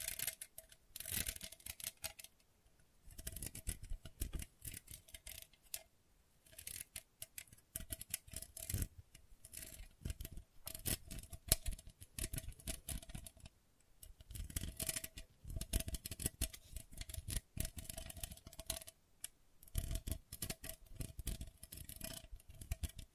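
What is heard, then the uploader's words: Gentle scratching comes in dense bursts of quick, dry strokes that run for a few seconds, pause briefly, then start again. The strokes are crisp, reaching into bright, hissy tones. A faint steady tone sits underneath throughout. ASMR Gentle Scratching You Will Fall Asleep To (No Talking).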